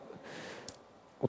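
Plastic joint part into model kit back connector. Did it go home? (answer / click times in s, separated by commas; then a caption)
no / none. A plastic joint part built from runner pieces is pressed against the back connection of a plastic model kit. Two small tapping contacts are heard, at about 0.7 s and 1.2 s. The part does not fit, and nothing has seated or clicked yet.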